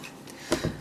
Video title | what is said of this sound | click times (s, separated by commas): Transformers MPM-12 Optimus Prime (Bumblebee Movie) Review | and it's all just gonna soft lock into place like that | 0.3 s, 0.5 s